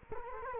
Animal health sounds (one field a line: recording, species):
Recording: mosquito wingbeat signal from an infrared sensor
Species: Culex quinquefasciatus